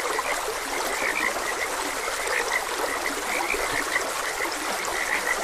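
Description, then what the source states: Frogs give rapid, overlapping high croaks in a steady chorus while a stream rushes and trickles beneath. Frogs croaking beside a gentle stream.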